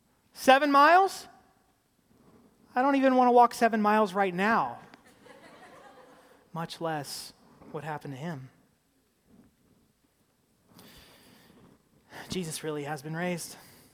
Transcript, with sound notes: 7 miles? I don’t even want to walk 7 miles right now, (Laughter!) much less what happened to Him. Jesus really has been raised.